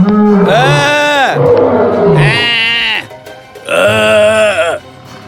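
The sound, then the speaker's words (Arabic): A lion appearing from behind bushes roars loudly three times, each call a long, rich, rumbling bellow that rises and falls in pitch, with brief pauses between them. “وعندما أوشكت أن تعطيها إياه ظهر فجأة أسد من خلف الشجيرات يزأر.”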